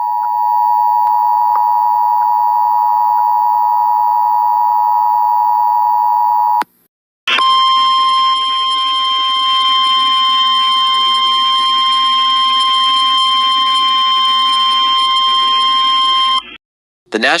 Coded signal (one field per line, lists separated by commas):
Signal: Emergency Alert System (SAME) tones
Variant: 853 and 960 Hz attention tone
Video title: EAS Flash Flood Warning For St. Louis Mo On 07-15-20.